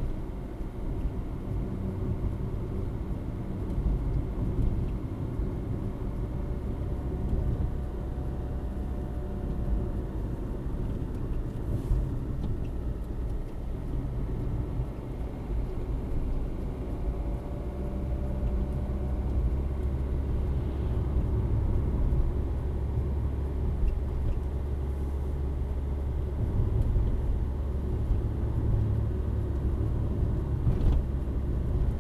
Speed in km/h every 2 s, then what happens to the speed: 49, 47, 49, 51, 51, 46, 45, 48, 50, 53, 53, 53, 54, 53, 53, 52.
0-7 steady at about 49. 7-12 slows to 45. 12-18 speeds up to 53. 18-32 steady at about 53.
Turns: none.